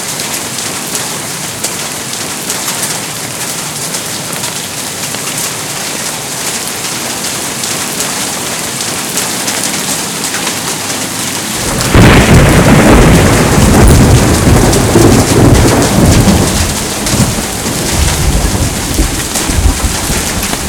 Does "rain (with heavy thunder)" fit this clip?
yes